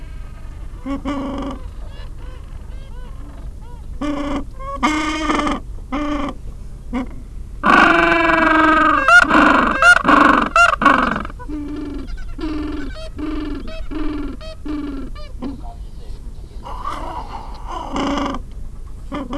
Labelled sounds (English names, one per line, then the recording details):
Gentoo Penguin
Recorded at the colony at Petermann, Antarctica, on 20 January 2015
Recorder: Song Meter SM2+